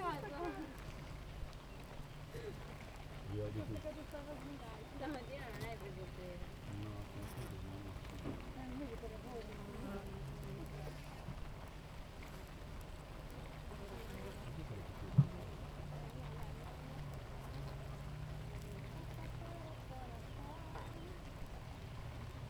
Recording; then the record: honeybee colony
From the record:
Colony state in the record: active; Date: 28 July 2017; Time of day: 7:28